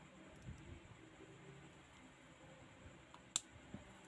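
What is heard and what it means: During a screen replacement on a Realme 10 Pro, the LCD flex cable connector is pressed onto the phone's mainboard socket. After quiet low rustling and a faint tick, a single sharp, bright click sounds at 3.4 s as the connector snaps into place, fully seated.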